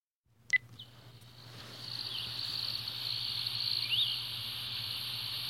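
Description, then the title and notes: Nebraska conehead katydid, a steady high buzz that begins after a sharp click and continues unbroken to the end, over a low constant hum. "Nebraska Conehead Katydid by Christie Mullen"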